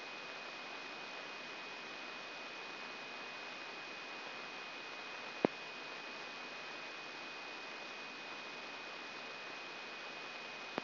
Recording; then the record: brain microelectrode recording played as sound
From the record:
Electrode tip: inside the subthalamic nucleus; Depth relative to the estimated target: 1 mm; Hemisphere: right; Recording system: AlphaMap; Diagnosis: Parkinson's disease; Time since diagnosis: 16 years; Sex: male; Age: 60 years